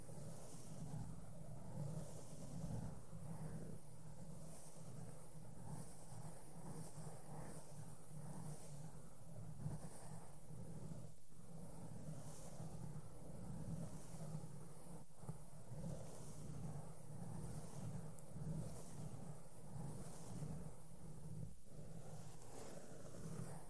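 Makeup brushes sweep softly over a microphone in a steady, dense stream of low rustling and muffled thumping, with a soft hum underneath. The level barely changes across the clip, apart from a few brief sharper taps near 10, 15 and 21 seconds.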